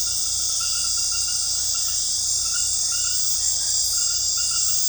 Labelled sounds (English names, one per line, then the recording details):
none
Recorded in dense forest near Puerto Asís, Putumayo, Colombia, on 20 February 2024 at 23:00
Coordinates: 0.487, -76.319
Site G6403